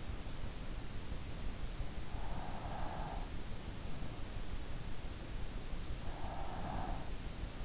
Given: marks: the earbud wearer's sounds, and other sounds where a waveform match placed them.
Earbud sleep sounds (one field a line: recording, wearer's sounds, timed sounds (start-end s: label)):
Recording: sounds in sleep by an in-ear microphone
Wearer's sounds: breath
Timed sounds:
2.06-3.40 s: breath
5.93-7.27 s: breath